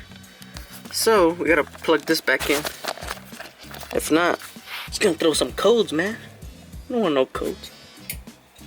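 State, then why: Seated. After a Tsduo race header is installed, someone talks while plugging an oxygen sensor's wiring connector back into its harness plug so the car won't throw codes. The connector clicks into place at 8.1 s and is seated.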